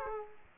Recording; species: mosquito wingbeat signal from an infrared sensor; Aedes aegypti